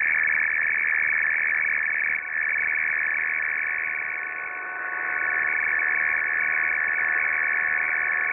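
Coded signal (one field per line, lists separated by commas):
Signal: RTTY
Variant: F01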